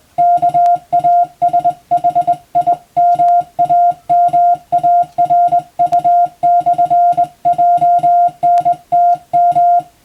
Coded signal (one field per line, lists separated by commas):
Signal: Morse code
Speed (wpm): 21 wpm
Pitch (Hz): 700 Hz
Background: music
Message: KASHIMAMARU/JNTM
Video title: 無線従事者国家試験総合無線通信士電気通信術のトレーニングにＣＷを打ってみました。アマチュア無線ハムの受信練習にもどうぞ(morse code practice for radio operator )